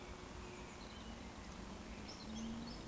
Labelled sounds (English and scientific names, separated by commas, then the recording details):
Eurasian Woodcock (Scolopax rusticola) whistle
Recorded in Baden-Württemberg, Germany, on 12 June 2020 at 19:55 UTC
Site 14569, 102 m above sea level